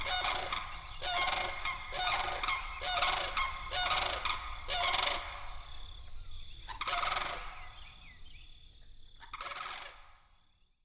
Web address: Songs of Birds of North America Know Your Bird Sounds Common Western Species. Sandhill Crane